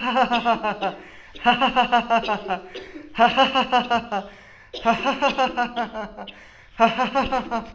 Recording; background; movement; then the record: laughter; a bystander coughing; sitting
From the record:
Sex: male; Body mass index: 20.6 kg/m2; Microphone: on the chest, facing the body